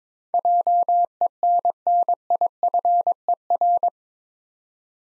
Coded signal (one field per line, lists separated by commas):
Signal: Morse code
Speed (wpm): 22 wpm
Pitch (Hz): 700 Hz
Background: none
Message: JENNIFER